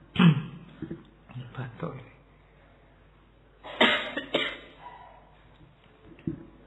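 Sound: audience members coughing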